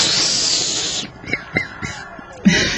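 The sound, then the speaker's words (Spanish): A voice imitates a little chick taking a drag of marijuana: a long, breathy hissing inhale, then a few short, squeaky chirps, ending with another sharp breathy burst. “Y se pega una aspirada de pollito.”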